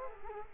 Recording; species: mosquito wingbeat signal from an infrared sensor; Culex quinquefasciatus